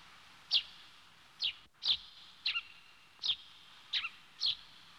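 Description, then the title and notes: Small bird chirping sharply, several single and paired notes, faint hiss in the background. "NHK効果音集 - 2-波・川・小鳥"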